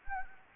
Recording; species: mosquito wingbeat signal from an infrared sensor; Anopheles gambiae